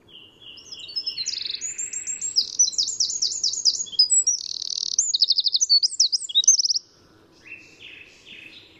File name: Troglodytes troglodytes